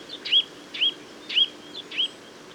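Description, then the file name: Eurasian nuthatch uttering four quick, high, sharp call notes spaced about half a second apart. "Sitta europaea"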